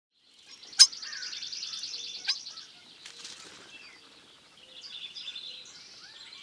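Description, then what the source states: Starling giving a buzzy rattling call with a sharp click, then softer chattering and thin whistled notes over a quiet background. Constant calling.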